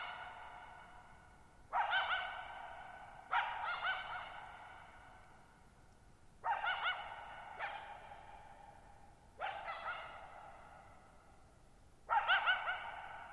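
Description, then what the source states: Coyote barking in sharp yelps, repeated several times, each note wavering briefly before a long echoing fade. Lone coyote calling for nearly 50 minutes at night, July 14, 2019, Thirtymile Meadows, Okanogan National Forest, Okanogan High Country, Pacific Northwest, 6400 ft (1950 m); shallow bowl-shaped meadow on high, dry plateau.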